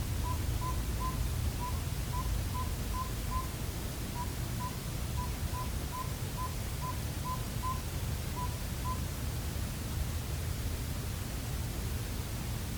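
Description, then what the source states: Northern saw-whet owl tooting: a steady series of short, even, whistled notes with brief pauses, over a constant low rumbling background. Maryland, 10 January 2010.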